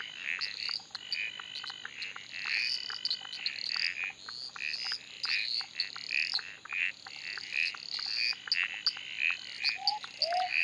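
Frog chorus of many overlapping high clicks and chirps, plus a steady thin whine throughout and a couple of lower rising notes at the end.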